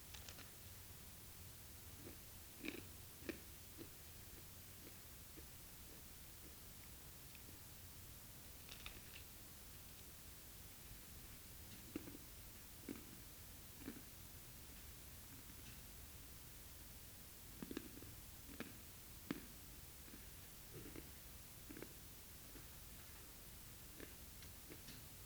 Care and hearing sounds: daily activity, guitar pickup as the sensor; eat

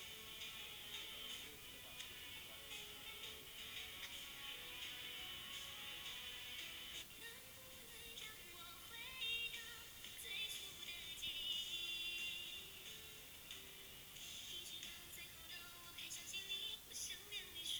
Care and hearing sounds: daily activity, guitar pickup as the sensor; browse video

